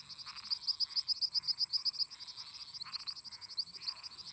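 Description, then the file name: Cricket song with a quick even run of high chirps, then sparser, irregular chirps, while frogs and toads trill underneath. Crickets singing constantly together with toads and frogs. "Grilos cantando constantemente em conjunto com sapos e ras"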